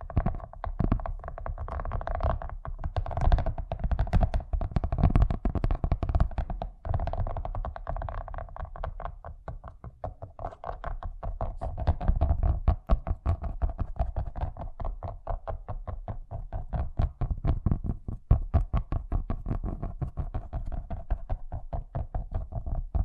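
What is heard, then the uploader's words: Fast tapping runs continuously in dense, rapid clicks over a low, rumbling hum, heavier in the first seven seconds, then slightly lighter. ASMR Braingasm Inducing Fast Tapping (No Talking).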